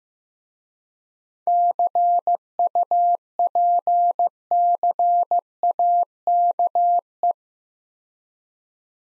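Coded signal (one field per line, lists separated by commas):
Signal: Morse code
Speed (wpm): 15 wpm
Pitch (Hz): 700 Hz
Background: none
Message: CUPCAKE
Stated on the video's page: Morse practice set at 15 wpm of difficult words with contextual hints.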